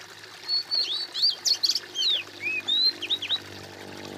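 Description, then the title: Bird song: a quick run of clear whistled notes, some slurred down and some swept up, high and sweet, tumbling together over about three seconds with soft background hiss. "kOMPILASI suara bird"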